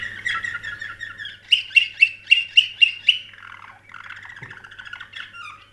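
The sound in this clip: Canary song: a warbled trill, then several bright piercing notes at even intervals, followed by a softer rolling trill.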